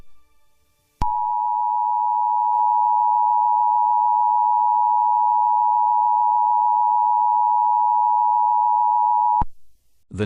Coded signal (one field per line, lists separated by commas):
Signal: Emergency Alert System (SAME) tones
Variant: 853 and 960 Hz attention tone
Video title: EAS mock: Tornado warning salt lake City utah